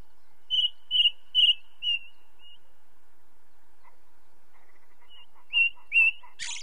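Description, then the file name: Ring ouzel: a series of loud piping whistles followed by a pause, soft low notes, then more whistles and a final scratchy burst. Recorded with light natural background noise. "belozobij drozd na fone legkij shum prirodi"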